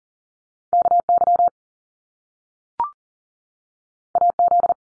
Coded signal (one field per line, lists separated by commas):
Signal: Morse code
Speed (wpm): 38 wpm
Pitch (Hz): 700 Hz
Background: none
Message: KY AZ